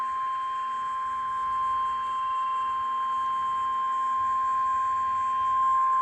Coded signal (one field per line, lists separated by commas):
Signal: Emergency Alert System (SAME) tones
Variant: 1050 Hz attention tone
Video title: EAS #920: Severe Thunderstorm Warning (3/27/2014)